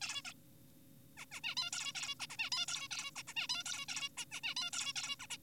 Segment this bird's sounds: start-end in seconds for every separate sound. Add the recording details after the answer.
0.02-0.22, 0.25-0.34, 1.18-1.26, 1.32-1.40, 1.44-1.55, 1.57-1.70, 1.73-1.93, 1.95-2.15, 2.20-2.27, 2.30-2.36, 2.39-2.50, 2.52-2.66, 2.68-2.88, 2.91-3.11, 3.16-3.23, 3.28-3.34, 3.36-3.47, 3.50-3.64, 3.66-3.86, 3.88-4.09, 4.18-4.25, 4.32-4.41, 4.44-4.54, 4.57-4.70, 4.73-4.93, 4.96-5.16, 5.20-5.27, 5.30-5.37. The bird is an adult. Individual g4p5U